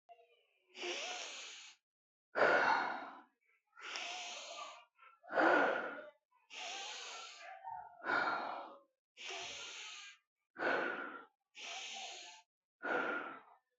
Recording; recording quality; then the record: deep breathing; excellent, no background noise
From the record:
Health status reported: healthy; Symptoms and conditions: cough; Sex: male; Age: 37 years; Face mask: not worn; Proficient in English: yes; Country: India